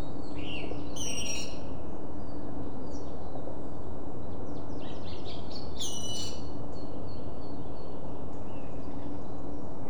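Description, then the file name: Water rail calling with two loud, rasping squeals a few seconds apart and some fainter short notes, over a constant deep background rumble. "wasserralle"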